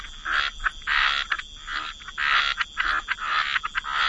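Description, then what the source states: Many frogs calling at once, harsh croaking bursts swelling and fading irregularly, several short sharp notes between them, and a steady faint whine in the background. Frog chorus.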